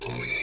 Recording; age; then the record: pig call; weaner (32 to 43 days)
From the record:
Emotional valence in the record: negative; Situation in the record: short isolation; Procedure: open field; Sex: female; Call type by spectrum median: high-frequency call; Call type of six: mixed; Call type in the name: high-frequency modulated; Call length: 0.43 s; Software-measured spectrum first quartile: 2170 Hz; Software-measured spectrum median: 4717 Hz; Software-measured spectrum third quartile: 6586 Hz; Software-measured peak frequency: 2327 Hz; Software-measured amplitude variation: 97 dB a second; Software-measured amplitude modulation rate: 28.1 a second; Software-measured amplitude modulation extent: 3.5 dB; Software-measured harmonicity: 2.3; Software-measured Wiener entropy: -2.33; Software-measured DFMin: 1082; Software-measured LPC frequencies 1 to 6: 2324, 3783, 4252, 6151, 6986, 7182 Hz